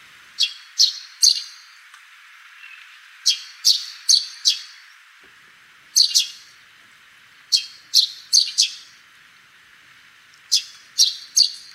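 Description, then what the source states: Eurasian tree sparrow chirping: sharp, high chirps in quick bursts of two to four, with pauses between groups. Recorded on Kamishima island, Mie Prefecture, Japan.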